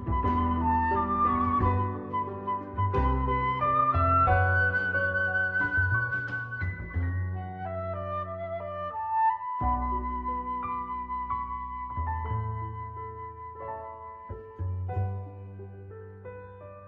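Soundtrack music of held chords over a deep bass line, with melody notes shifting every few seconds, brief pauses near 9 and 14 seconds.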